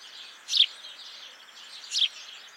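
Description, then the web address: House sparrow chirps: two short, harsh chirps about a second and a half apart over a steady background hiss. "SETE data Passer domesticus"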